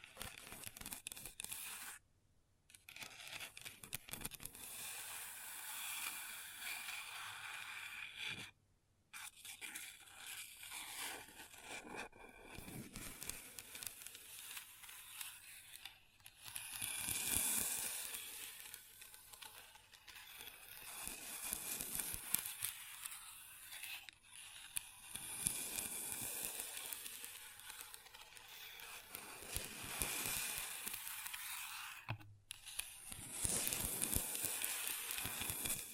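Long nails scratch and tap across a table, making dense, crackly scraping that fills the high range with bright hiss. Brief silences break it near 2 and 8 seconds. After about 15 seconds the strokes grow louder and come in rhythmic bursts, with short pauses between them.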